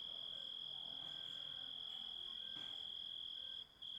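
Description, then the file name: Grasshopper stridulation, a constant piercing hum sounding without pause until a brief dip close to the end. Composite recording of grasshopper sounds. "engisprettur samsett hljo rit"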